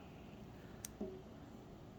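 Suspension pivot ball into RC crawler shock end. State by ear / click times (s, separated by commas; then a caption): seated / 0.8 s. A plastic suspension pivot ball on a driver is pushed through the top of an SCX24 RC crawler shock from the inside out until it snaps into the shock end. A single sharp, bright click sounds at 0.8 s, followed at about 1.0 s by a short, louder low-pitched thump over a quiet background. The pivot ball is seated in the shock end.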